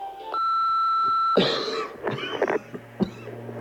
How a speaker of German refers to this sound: Also bitte 192 Kilobit, mehrmals husten und zwischendurch tief ein- und ausatmen.